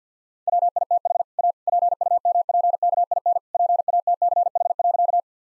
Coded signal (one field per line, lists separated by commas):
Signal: Morse code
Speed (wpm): 50 wpm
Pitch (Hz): 700 Hz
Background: none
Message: WITH A PUMPKIN PATCH.